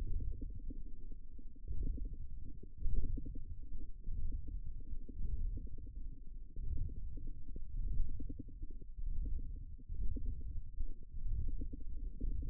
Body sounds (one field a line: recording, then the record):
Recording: forearm muscle sounds (acoustic myography)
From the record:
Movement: ulnar deviation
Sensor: system 1, eight BSWA MPA416 microphones around the upper forearm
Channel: 8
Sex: female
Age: 22 years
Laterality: right